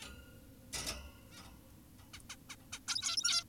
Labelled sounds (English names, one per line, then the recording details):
Zebra Finch
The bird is an adult
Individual g17y2U